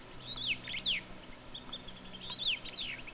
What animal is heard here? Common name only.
Superb Starling